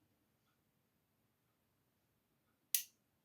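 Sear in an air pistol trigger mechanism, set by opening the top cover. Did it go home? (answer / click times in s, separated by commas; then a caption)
yes / 2.7 s. The top cover of a FAS 604 mk2 single-stroke pneumatic .177 single-shot target air pistol is opened until the sear in its trigger mechanism engages. After near silence, a single sharp, bright metallic click sounds at 2.8 s and quickly decays. This is the sear clicking into its set position.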